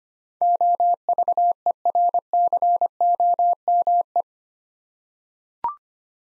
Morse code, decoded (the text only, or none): OVERCOME